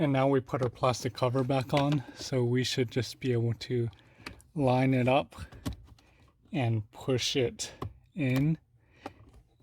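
On a 2017 Honda Fit, the plastic cabin air filter cover is lined up and pushed into the filter housing behind the glove box while someone talks. One sharp plastic snap at 9.1 s marks the clips seating in place.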